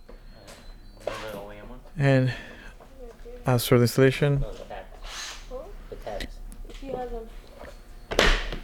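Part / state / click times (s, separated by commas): parking sensor bracket into rear bumper cover / seated / 8.1 s, 8.2 s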